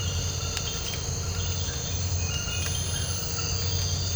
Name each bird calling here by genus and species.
none